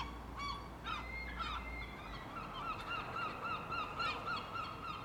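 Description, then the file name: Gull calls, a few harsh squawks and then a run of quick yelping notes repeated about three to four per second, over a low rumble that stops after about two seconds. Several gulls recorded in an urban setting. "Urban Seagulls"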